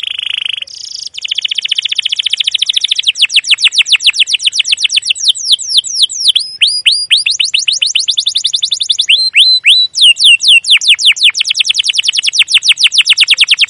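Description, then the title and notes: Canary song: a buzzy trill leading into long rapid runs of sharp downslurred chirps, with brief hooked notes in between. Canary song used as a lure (pancingan, masteran) to train young canaries to sing; described as gacor, long, emotional 'cuit cuit ngerol' chirping. "CUIT CUIT NGEROL LANGSUNG GACOR PANJANG Kenari Ini AMPUH Utk Pancingan KENAR. PANCINGAN Kenari GACOR PANJANG Cuit CUIT EMOSI ini AMPUH utk MASTERAN Kenari PAUD belajar BUNYI. burung kenari"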